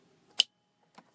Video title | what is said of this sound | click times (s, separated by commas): Ford Five Hundred Mercury Montego Instrument Cluster Removal | until it clicks like that and I give it a little extra push and then make sure your | 0.4 s